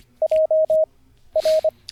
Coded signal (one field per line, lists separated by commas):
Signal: Morse code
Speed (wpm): 26 wpm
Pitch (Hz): 630 Hz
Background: none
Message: JR